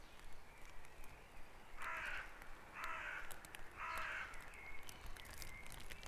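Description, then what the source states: Birds in a dawn chorus: three loud harsh caw-like calls about a second apart, with thin whistled notes and a steady low background hum. Dawn chorus recorded at Back Dragon Avenue, Harrogate, as part of a sound map of Harrogate.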